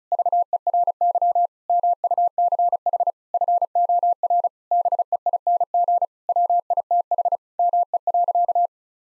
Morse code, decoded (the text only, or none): VERY MUCH FOR BEING WITH ME.